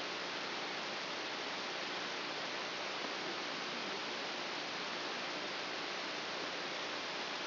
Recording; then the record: brain microelectrode recording played as sound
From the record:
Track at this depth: outside the subthalamic nucleus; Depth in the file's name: 5.401 mm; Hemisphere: right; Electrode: 3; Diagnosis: Parkinson's disease